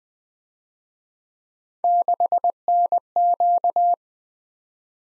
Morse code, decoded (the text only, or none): 6NQ